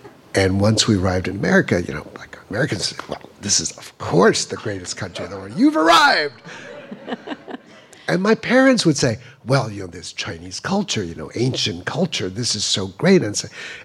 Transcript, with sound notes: And once we arrived in America, you know, like Americans say, well, this is, of course, the greatest country in the world. You've arrived.
(LAUGHTER)
And my parents would say, well, you know, there's Chinese culture, you know, ancient culture. This is so great.